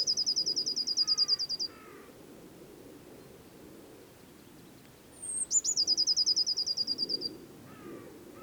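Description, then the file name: Eurasian blue tit song: a fast even trill, then a thin high note dropping into another trill; short lower double notes overlap the first trill and follow the second. "Cyanistes caeruleus"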